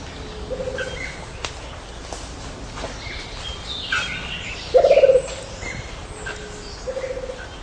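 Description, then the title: Rufous-capped motmot giving one loud, low, trembling hoot midway, surrounded by fainter low whistled notes and scattered higher calls from other birds. "LuckyPassaro Completos2Sama. Rufous-capped Motmot (Baryphthengus ruficapillus)"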